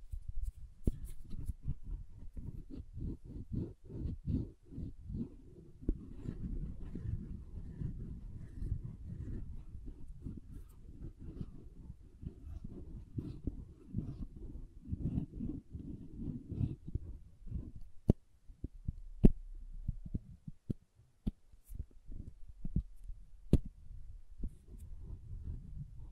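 Soap being tapped and carved, with dense, rapid low thuds and scraping that run almost continuously for the first eighteen seconds. After that the sound thins out into sparse, sharp clicks and taps around nineteen to twenty-four seconds, with quiet gaps between them.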